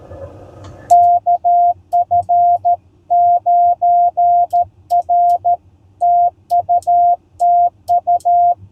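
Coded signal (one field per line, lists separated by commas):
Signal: Morse code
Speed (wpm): 13 wpm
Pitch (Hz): 700 Hz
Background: none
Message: KF9R TUTU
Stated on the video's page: CW POTA activation from a state park with IC-703+, homebrew EFHW antenna and 3-D printed key, calling CQ.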